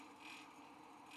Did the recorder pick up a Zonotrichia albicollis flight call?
no